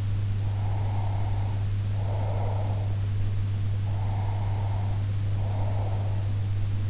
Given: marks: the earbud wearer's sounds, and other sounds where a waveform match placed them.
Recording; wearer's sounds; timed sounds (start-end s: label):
sounds in sleep by an in-ear microphone; breath
0.48-2.91 s: breath
3.82-6.20 s: breath